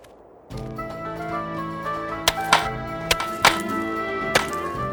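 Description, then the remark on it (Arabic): A stone statue is being smashed by men: five or six sharp, loud blows land at irregular intervals over a steady, dense bed of sustained tones, each hit cracking out briefly above it. “سأتركك الآن لأشارك الرجال في شرف تحطيم التمثال كما أمر نبي الله.”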